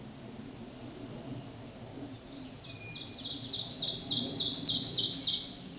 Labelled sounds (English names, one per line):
Ovenbird song